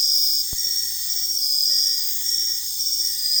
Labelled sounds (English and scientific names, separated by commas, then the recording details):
none
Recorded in dense forest near Puerto Asís, Putumayo, Colombia, on 20 February 2024 at 03:30
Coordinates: 0.485, -76.322
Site G6406